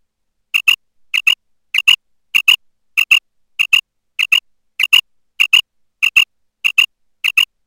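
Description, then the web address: Common quail calls: short paired notes with a clipped, liquid quality, repeated steadily about every 0.6 seconds over a quiet background. "przepiorka"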